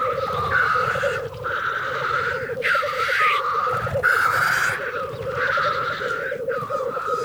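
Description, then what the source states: Black grouse bubbling lek song runs unbroken under repeated harsh hissing calls. Field recording from Finland, released on cassette in 1988 in a countryside birds collection; Finnish name teeri.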